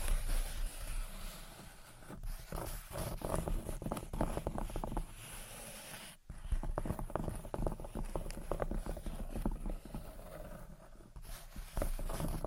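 Gentle tapping and scratching in quick, uneven bursts of dry clicks, with a brief near-silent pause just after six seconds before resuming.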